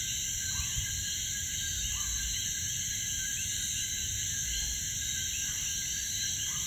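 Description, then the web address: Coquí calls, a thick chorus of upswept chirping notes with a few lower single notes at irregular intervals over a constant high drone. Frogs at Piñones, Puerto Rico. "puerto rico Cokees frogs Pignones"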